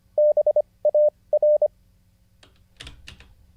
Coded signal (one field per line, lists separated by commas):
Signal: Morse code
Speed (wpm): 24 wpm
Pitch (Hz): 600 Hz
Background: none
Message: BAR